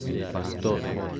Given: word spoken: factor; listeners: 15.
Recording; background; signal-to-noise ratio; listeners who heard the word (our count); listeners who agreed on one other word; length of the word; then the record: one Spanish word in noise, from a listening test; eight-talker babble; -0.1 dB; 1 of 15; 8 of 15; 0.80 s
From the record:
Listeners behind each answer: 8, 2, 1, 1, 1, 1, 1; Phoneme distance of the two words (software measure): 20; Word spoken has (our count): 2 syllables, 6 phonemes, stress on syllable 2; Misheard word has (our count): 2 syllables, 6 phonemes, stress on syllable 2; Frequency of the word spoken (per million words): 53.50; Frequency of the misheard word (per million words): 16.81